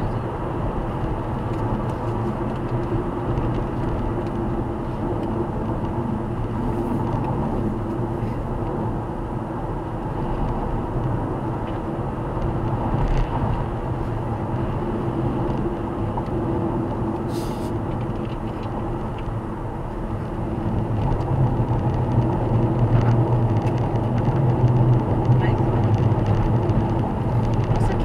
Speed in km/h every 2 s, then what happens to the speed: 103, 97, 92, 90, 92, 96, 97, 93, 93, 94, 96, 96, 95, 94.
0-6 slows to 90. 6-11 speeds up to 97. 11-28 steady at about 94.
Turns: none.